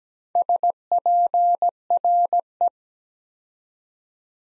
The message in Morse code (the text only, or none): SPRE